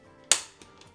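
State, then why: Seated. Turning the swivel-lock knob on the front wheel of a ROAN IVI 2.0 stroller to the left makes one sharp, bright click at 0.3 s. Three much fainter ticks follow at about 0.6, 0.8 and 1.0 s. The lock engages, so the wheel only runs straight ahead.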